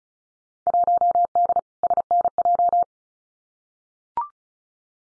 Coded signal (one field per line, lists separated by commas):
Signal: Morse code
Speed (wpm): 36 wpm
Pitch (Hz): 700 Hz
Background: none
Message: 1D SNJ